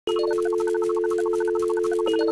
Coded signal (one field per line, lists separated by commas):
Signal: telephone call progress tone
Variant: North America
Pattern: dial tone